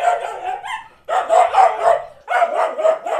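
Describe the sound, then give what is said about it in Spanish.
Several dogs bark and yap together in three loud, dense bursts separated by brief gaps, their overlapping high-pitched barks forming a continuous clamor with no talking. “Tengo un problema con esto de los perros.”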